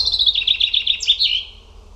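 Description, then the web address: Bird song: a brisk series of bright chirped notes running into a short twittering trill that falls slightly in pitch at the end. "cianscape birddata Deverinetal 2025 Bird Only"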